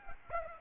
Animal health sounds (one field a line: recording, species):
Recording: mosquito wingbeat signal from an infrared sensor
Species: Aedes aegypti